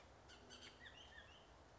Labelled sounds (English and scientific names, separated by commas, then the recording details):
Bullock's Oriole (Icterus bullockii)
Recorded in Sonoma County, California